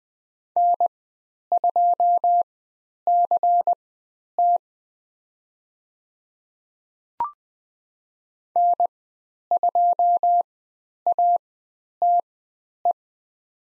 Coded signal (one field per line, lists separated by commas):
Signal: Morse code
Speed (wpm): 20 wpm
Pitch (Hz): 700 Hz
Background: none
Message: N2CT N2ATE